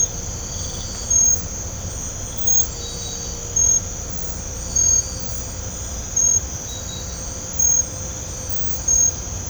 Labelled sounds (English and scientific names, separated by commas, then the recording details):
none
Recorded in pastures near Puerto Asís, Putumayo, Colombia, on 18 December 2024 at 03:30
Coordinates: 0.502, -76.324
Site G077